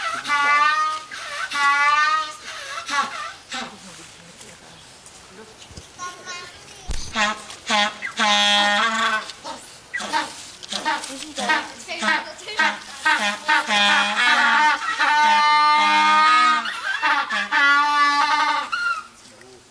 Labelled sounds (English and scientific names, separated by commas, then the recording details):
African Penguin (Spheniscus demersus) call
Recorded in captivity
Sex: group
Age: diverse
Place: Tierpark Berlin, Berlin, DE
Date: 1983-12-24 11:42
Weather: partly sunny, 1-3°C, no wind
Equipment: Nagra SN, Sennheiser MKH 416 T, Kopie Uher 4000 Report Monitor
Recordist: Tembrock, Günter